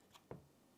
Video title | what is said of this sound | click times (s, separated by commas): Tavor 7, Full disassembly and reassembly | so we push it in as far as it'll go it'll click | 0.3 s